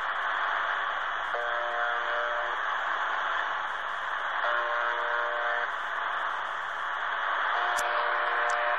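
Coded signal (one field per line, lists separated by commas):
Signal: channel marker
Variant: UVB-76 (The Buzzer)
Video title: UVB-76 "The Buzzer" on 4625 khz received in Berlin, Germany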